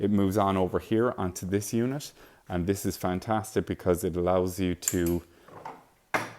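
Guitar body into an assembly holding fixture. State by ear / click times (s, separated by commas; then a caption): seated / 6.2 s. A guitar body is set into an assembly holding fixture on a final assembly build cell, and the fixture latches it in place. Someone talks for most of the clip, then a sharp click is heard at 6.2 s as the body locks in and seats.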